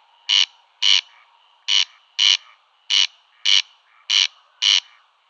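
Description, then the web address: Corn crake giving a steady, harsh two-note crex-crex, four pairs in quick succession with short pauses between them. Display call. "Schulze Peter Corn Crake display"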